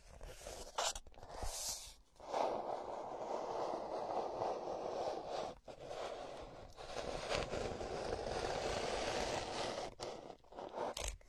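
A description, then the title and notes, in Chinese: Ear scratching with no voice: a dense, continuous scratchy rustle that fills most of the clip, heaviest in the middle range. Brief pauses break it near one, two, five and a half and ten seconds, with sharper, hissier strokes flaring now and then. 无人声搔耳朵。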